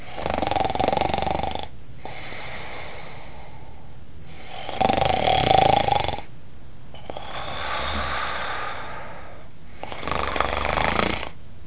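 An adult sleeper snoring: rough, rattling snores on each breath, about twelve breaths a minute, with louder and softer alternating phases.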